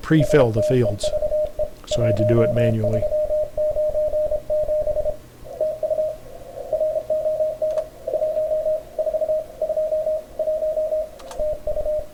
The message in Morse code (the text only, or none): STEVE 1397 TU RON 1 4 2 1 TU